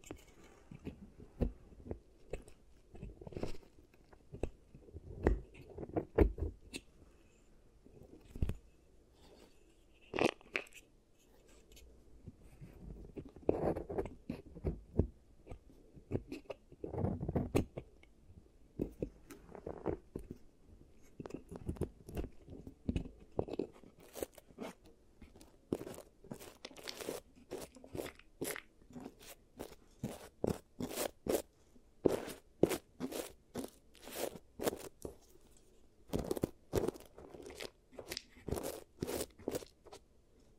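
A mock giant teeth treatment for fixing cavities, made of sharp crunching and scraping clicks throughout. The first twenty seconds are lower and thicker, with heavier crunches around 6, 10 and 17 seconds. After that, brighter, crisper taps and crackles come in quick, dense bursts.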